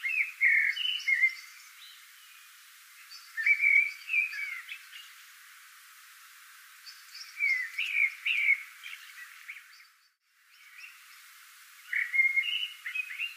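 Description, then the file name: Eurasian blackbird song: four fluty, warbling phrases low in pitch, with thin, squeaky high notes, and pauses of a few seconds between them. "Turdus merula"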